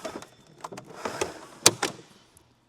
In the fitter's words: You lift it up until you hear those 2 clicks, and then you'll use this